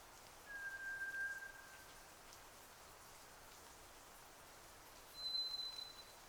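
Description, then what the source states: White's thrush song: a faint, steady whistled note followed seconds later by a higher, thinner whistle, against constant rain noise. Recorded 31 May 2009 at 02:58, at night in rain.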